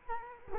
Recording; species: mosquito wingbeat signal from an infrared sensor; Culex quinquefasciatus